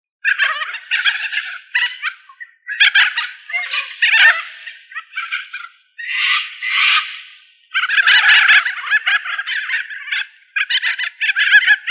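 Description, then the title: Australorp chickens giving raspy clucks and squawks in long, overlapping bursts separated by brief quiet gaps. "manok ostrali"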